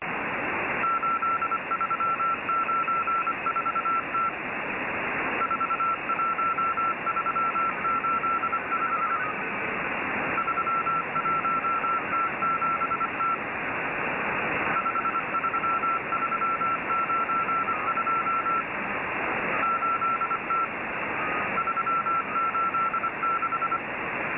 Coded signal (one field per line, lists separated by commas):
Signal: Morse code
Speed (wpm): 25 wpm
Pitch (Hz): 1340 Hz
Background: none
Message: 8394T 41385 31T7T 53392 8T 386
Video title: Morse code near Tula 2